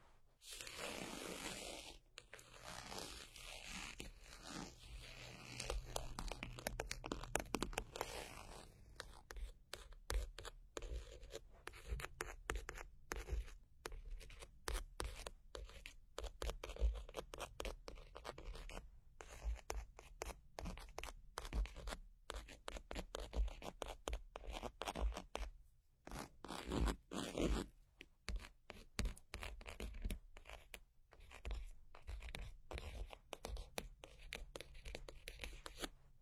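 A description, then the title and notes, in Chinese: Fingernails scratch and tap. The first eight seconds hold a denser, rougher scraping, then it breaks into quick, irregular ticks and short scratches that continue steadily to the end, with brief pauses around 26 seconds. 指甲刮擦 敲击。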